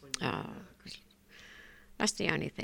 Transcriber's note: she sighs